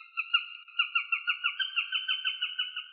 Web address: Accipiter nisus